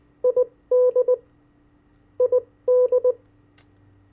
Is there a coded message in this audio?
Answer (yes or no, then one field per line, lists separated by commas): yes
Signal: Morse code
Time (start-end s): 0.2-3.1 s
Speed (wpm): 20 wpm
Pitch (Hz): 500 Hz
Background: none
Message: ID ID